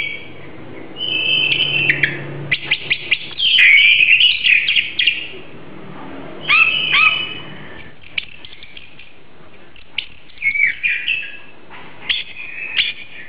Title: Kicau Kacer